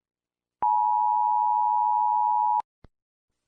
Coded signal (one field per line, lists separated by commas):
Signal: Emergency Alert System (SAME) tones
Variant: 853 and 960 Hz attention tone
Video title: Everywhere I went Areas Eas Alarms